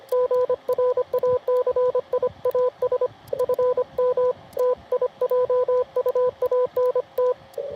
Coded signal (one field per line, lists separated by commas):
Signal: Morse code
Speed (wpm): 25 wpm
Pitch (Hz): 500 Hz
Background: radio noise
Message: GRACIAS FM TIJUANT